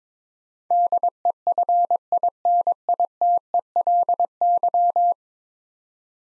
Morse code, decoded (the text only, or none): DEFINITELY